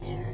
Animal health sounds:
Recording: pig call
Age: weaner (32 to 43 days)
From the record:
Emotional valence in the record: negative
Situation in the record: negative conditioning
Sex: female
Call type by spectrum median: low-frequency call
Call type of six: low-frequency stable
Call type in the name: low-frequency stable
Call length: 0.34 s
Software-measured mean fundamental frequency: 53 Hz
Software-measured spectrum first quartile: 103 Hz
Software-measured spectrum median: 234 Hz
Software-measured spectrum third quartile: 581 Hz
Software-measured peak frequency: 119 Hz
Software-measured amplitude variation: 114 dB a second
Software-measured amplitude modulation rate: 28.1 a second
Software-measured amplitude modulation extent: 4.1 dB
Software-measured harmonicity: -3.5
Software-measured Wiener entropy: -0.53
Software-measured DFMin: 986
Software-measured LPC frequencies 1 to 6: 1996, 3168, 3892, 4798, 6146, 7021 Hz

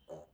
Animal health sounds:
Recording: pig call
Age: piglet (1 to 25 days)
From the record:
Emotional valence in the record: negative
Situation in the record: restrain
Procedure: back test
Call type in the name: low-frequency call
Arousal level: low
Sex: male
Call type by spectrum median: low-frequency call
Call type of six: low-frequency stable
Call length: 0.33 s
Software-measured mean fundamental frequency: 75 Hz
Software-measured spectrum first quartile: 398 Hz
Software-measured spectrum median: 559 Hz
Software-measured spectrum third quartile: 737 Hz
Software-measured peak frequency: 580 Hz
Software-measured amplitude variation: 212 dB a second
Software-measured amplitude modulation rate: 16.5 a second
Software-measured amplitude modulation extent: 12.8 dB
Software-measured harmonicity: 3.5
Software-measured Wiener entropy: 0.20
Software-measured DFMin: 1281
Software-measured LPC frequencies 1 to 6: 570, 3060, 3992, 6409, 6956, 8425 Hz

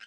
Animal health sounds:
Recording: pig call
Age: piglet (1 to 25 days)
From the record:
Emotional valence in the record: positive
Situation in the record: reunion after long isolation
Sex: female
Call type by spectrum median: low-frequency call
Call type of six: low-frequency tonal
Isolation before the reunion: 8 minutes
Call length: 0.07 s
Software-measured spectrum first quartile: 1592 Hz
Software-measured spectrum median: 2242 Hz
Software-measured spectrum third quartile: 3256 Hz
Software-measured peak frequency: 1603 Hz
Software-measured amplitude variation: 115 dB a second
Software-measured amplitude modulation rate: 6.7 a second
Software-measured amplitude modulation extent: 17.1 dB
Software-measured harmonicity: 2.6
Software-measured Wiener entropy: -1.65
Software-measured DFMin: 792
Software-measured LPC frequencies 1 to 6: 1542, 2577, 3026, 4203, 5140, 6206 Hz

